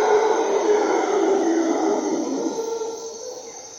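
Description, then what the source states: Howler monkey howling, a loud rough roar with deep grinding tones that slowly fades toward the end, over a steady high insect drone. Howler monkeys calling at dawn in jungle in Costa Rica.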